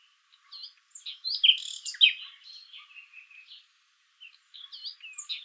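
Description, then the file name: Common nightingale song of scattered, varied chirps and short whistles with a few louder sharp notes and brief pauses. "Luscinia megarhynchos"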